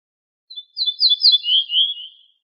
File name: suara kicauan ortolan